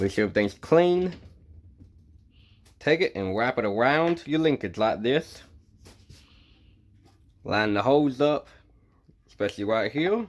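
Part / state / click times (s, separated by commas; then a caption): linkage cable onto the transmission linkage / not seated / none. On a 1998–2002 Honda Accord transmission, a linkage cable is wrapped around the transmission linkage and lined up with the hole, ready to be pushed down to snap on. Someone talks in short bursts with quiet pauses between. Nothing has clicked or seated yet.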